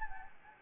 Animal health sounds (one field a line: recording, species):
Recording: mosquito wingbeat signal from an infrared sensor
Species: Anopheles gambiae